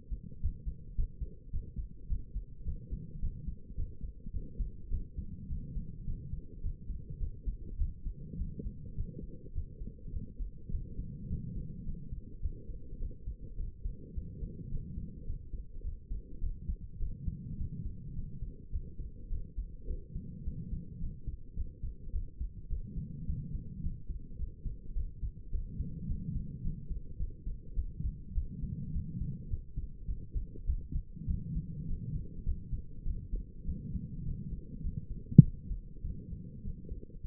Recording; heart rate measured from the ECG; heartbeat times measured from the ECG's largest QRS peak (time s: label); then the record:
heart sounds by stethoscope; 104 bpm
0.42 s: heartbeat
0.97 s: heartbeat
1.53 s: heartbeat
2.09 s: heartbeat
2.66 s: heartbeat
3.22 s: heartbeat
3.77 s: heartbeat
4.33 s: heartbeat
4.91 s: heartbeat
5.50 s: heartbeat
6.07 s: heartbeat
6.63 s: heartbeat
7.20 s: heartbeat
7.79 s: heartbeat
8.39 s: heartbeat
8.97 s: heartbeat
9.55 s: heartbeat
10.13 s: heartbeat
10.71 s: heartbeat
11.30 s: heartbeat
11.86 s: heartbeat
12.42 s: heartbeat
13.00 s: heartbeat
13.58 s: heartbeat
14.15 s: heartbeat
14.71 s: heartbeat
15.27 s: heartbeat
15.84 s: heartbeat
16.41 s: heartbeat
17.00 s: heartbeat
17.59 s: heartbeat
18.15 s: heartbeat
18.72 s: heartbeat
19.30 s: heartbeat
19.88 s: heartbeat
20.45 s: heartbeat
21.01 s: heartbeat
21.56 s: heartbeat
22.13 s: heartbeat
22.70 s: heartbeat
23.27 s: heartbeat
23.83 s: heartbeat
24.38 s: heartbeat
24.95 s: heartbeat
25.52 s: heartbeat
26.09 s: heartbeat
26.64 s: heartbeat
27.19 s: heartbeat
27.76 s: heartbeat
28.35 s: heartbeat
28.93 s: heartbeat
29.50 s: heartbeat
30.07 s: heartbeat
30.67 s: heartbeat
31.28 s: heartbeat
31.88 s: heartbeat
32.45 s: heartbeat
33.05 s: heartbeat
33.66 s: heartbeat
34.25 s: heartbeat
34.83 s: heartbeat
35.43 s: heartbeat
36.04 s: heartbeat
36.64 s: heartbeat
37.23 s: heartbeat
From the record:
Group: healthy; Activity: rest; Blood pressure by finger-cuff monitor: 116/70 mmHg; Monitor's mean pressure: 83 mmHg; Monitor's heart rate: 105 bpm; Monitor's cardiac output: 8.2 L/min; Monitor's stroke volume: 80 mL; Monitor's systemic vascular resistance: 730 dyn s/cm5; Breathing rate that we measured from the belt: 21 breaths a minute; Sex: female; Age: 22 years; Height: 163 cm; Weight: 67.1 kg